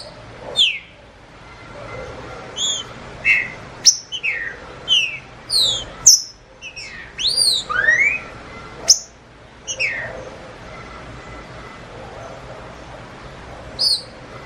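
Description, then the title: Green-winged saltator delivering rapid, varied whistled notes, mostly descending with a few rising slurs, bunched into a lively burst before quieter gaps and a last note. Wild bird in the bush singing the "nicão" song style, competing with another free bird. "Trinca Ferro NICÃ O No Mato Disputando Com Solto"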